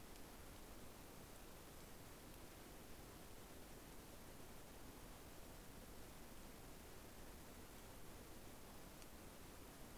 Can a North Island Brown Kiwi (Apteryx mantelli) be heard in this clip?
no